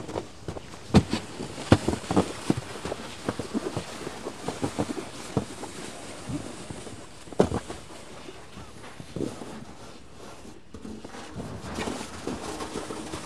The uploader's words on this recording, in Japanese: 湯治場ラジオ 雪下ろしASMR。村井六助さんでの雪下ろしの音を配信します。会話はありません。